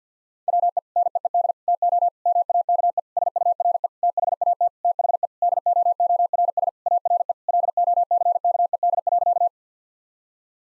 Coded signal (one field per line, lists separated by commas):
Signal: Morse code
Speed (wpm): 50 wpm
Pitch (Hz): 700 Hz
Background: none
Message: WE NEED TO MAKE SURE THAT THE DOORS ARE LOCKED.